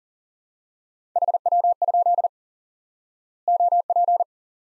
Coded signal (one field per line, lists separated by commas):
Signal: Morse code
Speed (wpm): 38 wpm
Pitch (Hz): 700 Hz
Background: none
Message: HW? OP